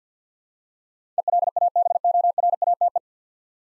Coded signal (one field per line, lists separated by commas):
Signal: Morse code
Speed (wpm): 50 wpm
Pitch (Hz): 700 Hz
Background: none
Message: ELABORATE